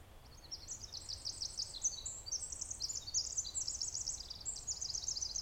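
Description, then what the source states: Winter Wren song, a long rapid run of high tinkling trills. Sitka; clear, cool, frosty morning with very little breeze; singing from the edge of the woods behind a maintenance building for a few minutes.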